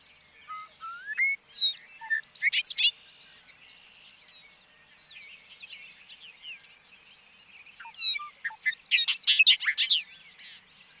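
Bobolink singing two bursts of bubbling, jangling notes separated by several seconds of bird chatter.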